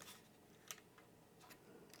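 A camera quick release plate is pushed down into the mount of a NEEWER 2-in-1 Teleprompter X11 while its small locking catch is tried. A sharp click sounds at 0.7 s, with fainter ticks around it. The plate seats and is held in by the locking mechanism, no longer coming up.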